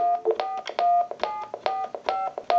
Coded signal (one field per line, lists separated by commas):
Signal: DTMF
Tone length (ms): 170 ms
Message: 4 745